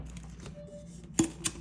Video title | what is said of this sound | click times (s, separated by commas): My Very First Storyboard Tumbler #diy #diycrafts #bling | and just like I heard that click just now that's the clip that I'm looking for when I glue it down okay | 1.2 s